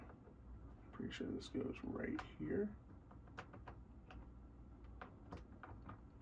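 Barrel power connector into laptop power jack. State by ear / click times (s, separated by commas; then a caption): not seated / none. A round barrel power plug is lined up with the power jack of an Apple G3 laptop while someone talks, followed by a series of small, sharp taps and knocks of handling. Nothing has seated or clicked yet by the end of the clip.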